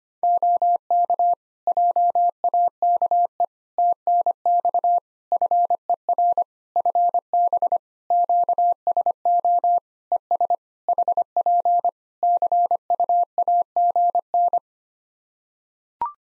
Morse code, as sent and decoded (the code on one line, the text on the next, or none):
--- -.- / .--- .- -.- . / - -. -..- / ..-. . .-. / ..-. -... / --.- ... --- / . ... / .... .--. / -.-. ..- .- --. -.
OK JAKE TNX FER FB QSO ES HP CUAGN